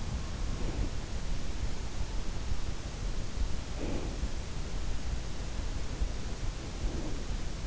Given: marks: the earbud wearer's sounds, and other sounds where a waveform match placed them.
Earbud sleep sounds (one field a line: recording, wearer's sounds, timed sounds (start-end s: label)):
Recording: sounds in sleep by an in-ear microphone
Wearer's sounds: breath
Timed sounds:
0.00-1.36 s: breath
3.23-4.98 s: breath
6.27-7.63 s: breath